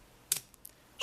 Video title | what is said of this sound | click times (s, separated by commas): ARK Prekyba - Acer Iconia W5 planšetinio kompiuterio išpakavimas | štai užsifiksuoja ir planšetė virsta į mažą gražų | 0.3 s